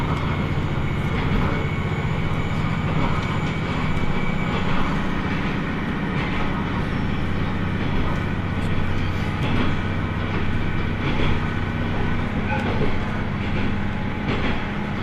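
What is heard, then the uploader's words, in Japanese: A ride aboard a small local train, heard from inside the carriage. A steady low engine drone and rumble hold level throughout, with light rattles and faint clicks of the wheels on the track scattered across the run. 天竜浜名湖鉄道 都田→天竜二俣。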